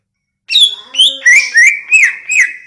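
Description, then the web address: Greater green leafbird song: a continuous, varied warble of rich, slurred phrases rising and falling, several linked phrases delivered without a break. Recorded in Banyuwangi; song described as gacor (vigorous, continuous singing). "cucak-ijo suara-cucak-ijo-banyuwangi-gacor"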